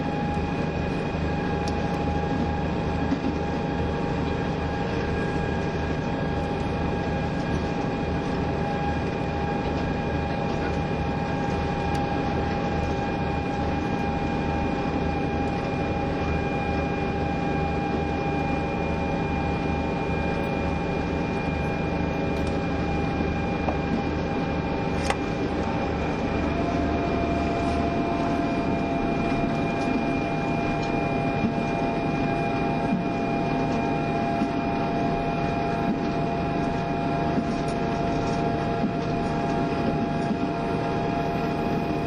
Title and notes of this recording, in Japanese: キハ72系 ゆふいんの森06号01 由布院～うきは。走行音